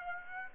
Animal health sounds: mosquito wingbeat signal from an infrared sensor; Aedes aegypti

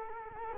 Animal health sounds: mosquito wingbeat signal from an infrared sensor; Culex quinquefasciatus

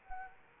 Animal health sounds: mosquito wingbeat signal from an infrared sensor; Anopheles arabiensis

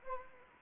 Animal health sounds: mosquito wingbeat signal from an infrared sensor; Anopheles arabiensis

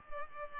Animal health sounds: mosquito wingbeat signal from an infrared sensor; Culex pipiens

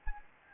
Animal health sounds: mosquito wingbeat signal from an infrared sensor; Anopheles gambiae

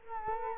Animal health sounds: mosquito wingbeat signal from an infrared sensor; Culex quinquefasciatus

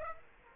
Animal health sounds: mosquito wingbeat signal from an infrared sensor; Aedes aegypti

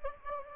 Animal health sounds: mosquito wingbeat signal from an infrared sensor; Anopheles gambiae

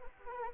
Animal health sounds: mosquito wingbeat signal from an infrared sensor; Anopheles arabiensis

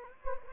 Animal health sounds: mosquito wingbeat signal from an infrared sensor; Anopheles gambiae

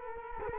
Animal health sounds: mosquito wingbeat signal from an infrared sensor; Culex quinquefasciatus

